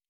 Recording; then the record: hydrophone in a shrimp aquaculture tank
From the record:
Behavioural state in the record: normal